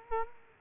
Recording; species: mosquito wingbeat signal from an infrared sensor; Culex quinquefasciatus